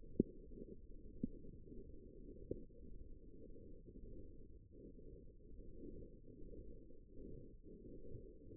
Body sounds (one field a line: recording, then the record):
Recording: forearm muscle sounds (acoustic myography)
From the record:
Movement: radial deviation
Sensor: system 1, eight BSWA MPA416 microphones around the upper forearm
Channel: 7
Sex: female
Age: 21 years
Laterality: right